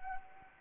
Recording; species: mosquito wingbeat signal from an infrared sensor; Anopheles arabiensis